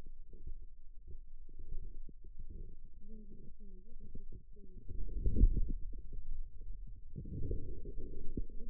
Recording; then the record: forearm muscle sounds (acoustic myography)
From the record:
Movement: inward rotation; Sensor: system 2, bracelet of six BSWA MPA416 microphones around the upper forearm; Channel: 5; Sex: male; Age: 22 years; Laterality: right